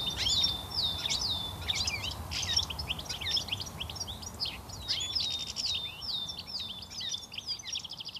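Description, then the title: European goldfinch song, lively and unbroken: quick tinkling twitters, buzzy fragments and a series of repeated slurred whistled notes, light background noise. Song now heard widely in southern Finland in gardens, parks, rail yards and cemeteries. "Viikon luontoääni: Tikli"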